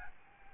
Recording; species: mosquito wingbeat signal from an infrared sensor; Aedes albopictus